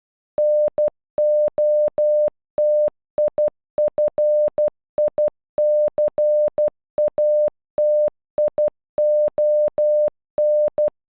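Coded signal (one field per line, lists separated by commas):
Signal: Morse code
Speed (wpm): 12 wpm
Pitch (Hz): 600 Hz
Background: none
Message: NOTIFICATION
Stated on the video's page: Morse code for a single word, sent at normal and half speed.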